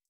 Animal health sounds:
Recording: hydrophone in a shrimp aquaculture tank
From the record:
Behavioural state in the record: stressed

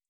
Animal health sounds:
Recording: hydrophone in a shrimp aquaculture tank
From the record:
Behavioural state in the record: feeding

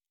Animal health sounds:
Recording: hydrophone in a shrimp aquaculture tank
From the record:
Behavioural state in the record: normal

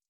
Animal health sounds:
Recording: hydrophone in a shrimp aquaculture tank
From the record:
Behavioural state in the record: stressed

